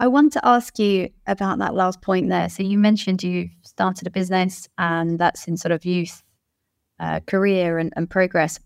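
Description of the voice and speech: A woman asks a question in a steady, clear voice at an ordinary conversational pace, with a brief pause mid-sentence. Speech is fluent, with no blocks, repetitions or prolonged sounds. The voice is smooth and well-pitched, consistent with normal speech and no stammer.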